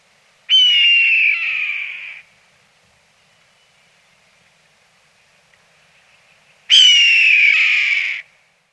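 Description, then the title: Bird uttering two loud grating calls, each about one and a half seconds long and sagging slightly in pitch, separated by a quiet pause of several seconds. "LuckyKumpulan SuaraBurung"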